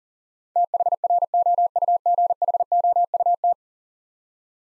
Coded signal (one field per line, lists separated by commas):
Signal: Morse code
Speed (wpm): 40 wpm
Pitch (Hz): 700 Hz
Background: none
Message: THROUGHOUT